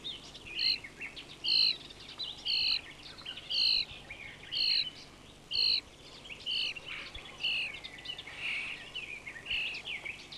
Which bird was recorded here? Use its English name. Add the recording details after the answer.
European Starling. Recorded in the wild. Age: adult. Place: Horscha, Sachsen, DE. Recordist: Meyer, Hugo. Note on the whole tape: Horscha Grünspechtbrutplatz warnend, füttern. Star ahmt Pirol nach, singt und pfeift Kuckuck